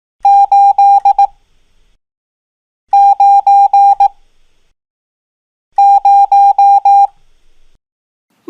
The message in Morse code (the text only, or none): 8 9 0